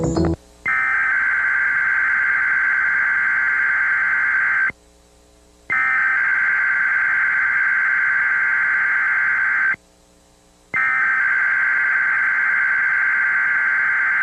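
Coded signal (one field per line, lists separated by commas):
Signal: Emergency Alert System (SAME) tones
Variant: header bursts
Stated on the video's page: Real Emergency Alert System test activation, taped from a broadcast.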